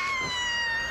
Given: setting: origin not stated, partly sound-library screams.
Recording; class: one-second piece from a danger detection set; woman in danger